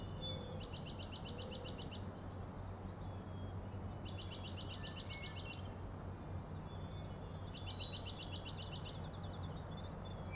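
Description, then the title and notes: Common nighthawk rattling calls: three fast, buzzy pulsed trills, each about a second and a half long, spaced a few seconds apart over a steady low rumble. Rattles from three birds, later perhaps one, flying very close together in formation, passing near the recordist; 4am, 16 June 2017, Schoodic Head overlook, Acadia National Park, Winter Harbor, Maine. "Common Nighthawks, Schoodic Head 061617 4am. 3 common nighthawks making peenting calls and wings booms but also a rattling noise at the Overlook (410 ft) on Schoodic Head (435 feet) Schoodic division Acadia National Park Winter Harbor, ME"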